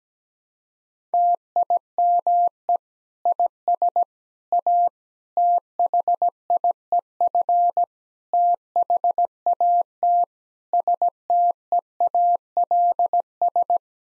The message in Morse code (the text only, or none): TIME IS A THIEF THAT STEALS